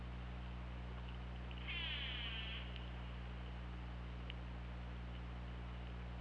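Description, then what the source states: Killer whale call, one brief buzzy burst of dense harmonic bands near the middle, followed by faint clicks, over constant low hum. Recorded at OrcaLab on 24 August 2017.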